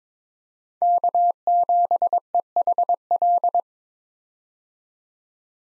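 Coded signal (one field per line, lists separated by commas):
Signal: Morse code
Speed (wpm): 22 wpm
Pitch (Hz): 700 Hz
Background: none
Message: K7EHL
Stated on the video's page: Morse head-copy drill of 5-character US call signs at 22 wpm, each sent, spoken, then sent again.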